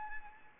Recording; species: mosquito wingbeat signal from an infrared sensor; Anopheles gambiae